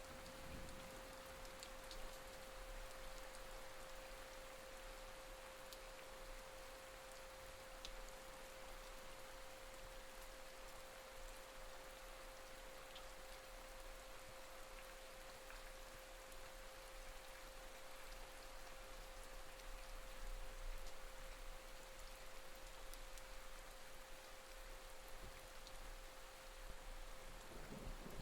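Rain falls in a steady, dense hiss with scattered bright drop ticks, over a constant faint high tone that runs throughout.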